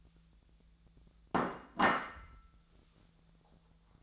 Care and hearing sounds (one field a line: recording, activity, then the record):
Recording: daily activity, microphone in the room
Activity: place plate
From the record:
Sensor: 3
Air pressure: 1000.2 hPa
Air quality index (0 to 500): 141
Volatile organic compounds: 2 ppm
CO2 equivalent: 1253 ppm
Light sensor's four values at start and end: 35/86/37/40 and 33/83/35/38